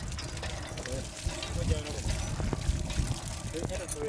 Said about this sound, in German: Das Wasser fließt im Rhythmus der Pumpstöße aus dem Ausguss, während einer der Monteure noch die letzten Schrauben nachzieht.